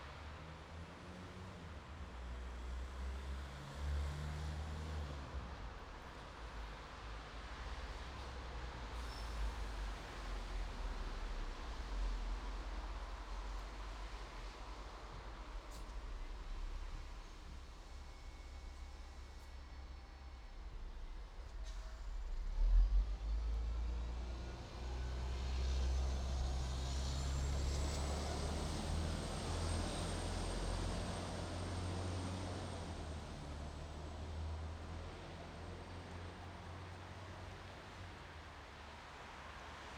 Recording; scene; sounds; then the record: everyday scene through a hearing-aid microphone; in traffic; traffic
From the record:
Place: bus stop on a city main road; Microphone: in the ear canal, right